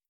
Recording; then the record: hydrophone in a shrimp aquaculture tank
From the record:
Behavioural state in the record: starved